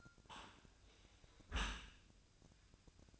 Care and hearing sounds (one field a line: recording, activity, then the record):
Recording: daily activity, microphone in the room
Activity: close dishwasher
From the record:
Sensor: 2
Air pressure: 1003.0 hPa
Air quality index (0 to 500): 199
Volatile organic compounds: 6 ppm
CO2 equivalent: 1888 ppm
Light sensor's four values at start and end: 15/36/15/17 and 15/36/15/17